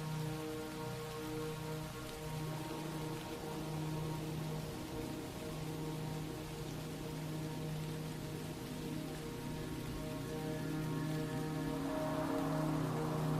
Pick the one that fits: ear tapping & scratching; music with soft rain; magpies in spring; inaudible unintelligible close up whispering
music with soft rain